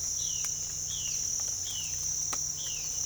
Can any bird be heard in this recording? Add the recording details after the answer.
yes. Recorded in pastures near Puerto Asís, Putumayo, Colombia, on 22 December 2024 at 06:00. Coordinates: 0.487, -76.322. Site GP09